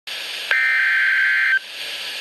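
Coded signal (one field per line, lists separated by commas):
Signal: Emergency Alert System (SAME) tones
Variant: header bursts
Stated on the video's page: Broadcast by NOAA weather radio station in Madison, Wisconsin.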